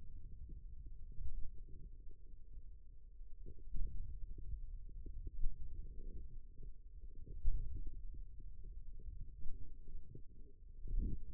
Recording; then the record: forearm muscle sounds (acoustic myography)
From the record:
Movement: pen grasping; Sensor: system 2, bracelet of six BSWA MPA416 microphones around the upper forearm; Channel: 3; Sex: male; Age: 22 years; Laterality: right